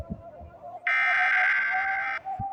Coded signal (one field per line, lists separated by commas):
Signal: Emergency Alert System (SAME) tones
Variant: header bursts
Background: speech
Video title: EMERGENCY ALERT SYSTEM